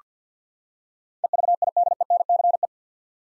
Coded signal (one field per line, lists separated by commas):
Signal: Morse code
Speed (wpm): 45 wpm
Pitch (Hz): 700 Hz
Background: none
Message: EVIDENCE